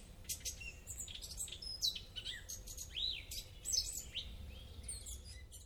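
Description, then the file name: Eurasian blackcap vocalizing, a quiet varied stream of high warbled notes, clear rising and falling whistles and sharp chips, with faint low background noise. "Sylvia atricapilla"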